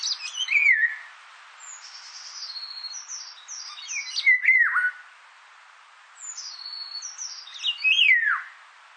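Indian golden oriole song, fluty downward-sliding whistles joined by scratchy higher notes, delivered in three phrases with brief pauses between them.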